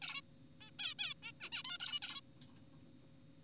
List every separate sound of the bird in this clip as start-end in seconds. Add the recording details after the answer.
0.02-0.21, 0.61-0.71, 0.79-0.94, 0.99-1.14, 1.23-1.32, 1.41-1.50, 1.52-1.63, 1.65-1.78, 1.80-1.99, 2.02-2.21. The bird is an adult. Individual g4p5U